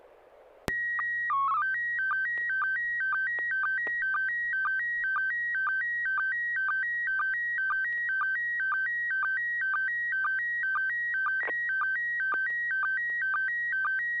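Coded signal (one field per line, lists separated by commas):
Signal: SSTV (slow-scan television)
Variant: PD 120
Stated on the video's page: Weekly SSTV net on an FM repeater, 441.30 MHz, Wednesday evenings; pictures sent with MMSSTV software.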